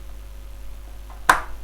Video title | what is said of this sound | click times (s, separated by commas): TUTO - Créer/Monter un PC [2/3] - Fr [HD] | Ça se clipse et j'appuie de l'autre. | 1.3 s